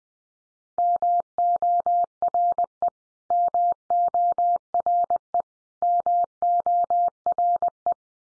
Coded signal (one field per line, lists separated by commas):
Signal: Morse code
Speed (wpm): 20 wpm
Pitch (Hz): 700 Hz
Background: none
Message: MORE MORE MORE